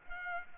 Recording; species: mosquito wingbeat signal from an infrared sensor; Culex pipiens